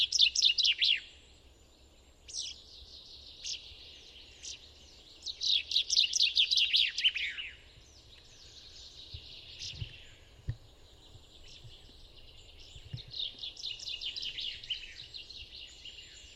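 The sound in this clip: Common chaffinch song: a rapid descending trill at the start and a longer one midway, with quieter scattered notes between and a softer phrase near the end.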